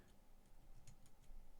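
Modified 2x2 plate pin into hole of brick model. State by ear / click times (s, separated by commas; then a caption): not seated / none. A modified 2x2 plastic plate with a pin on the bottom is handled as it is brought toward a hole on a brick model, producing a few faint, light ticks and taps. Nothing has seated or clicked into place yet.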